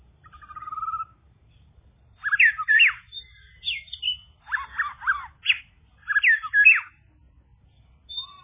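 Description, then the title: Bird song in short varied bursts: a thin whistle, then scratchy, chattering phrases repeated after brief gaps, ending with a quick whistle. "kikicau"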